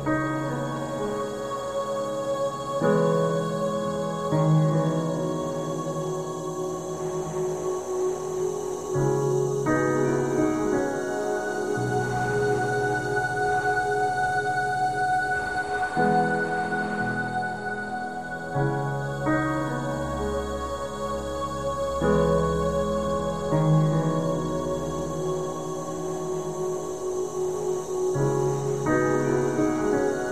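Soft ambient music drifts through a snowy forest soundscape, built from sustained pad chords that shift every few seconds over a low, steady bass. A gentle wind-like hiss sits underneath throughout, and the overall loudness stays even and calm from start to finish.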